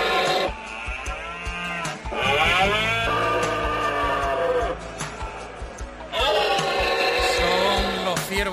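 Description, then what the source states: Red deer bellowing: long, harsh, drawn-out roars in several bouts, each with sweeping rich tones, mixed with sharp clicks and other background sounds. Wild autumn rut (berrea) in the Sierra Morena, Seville.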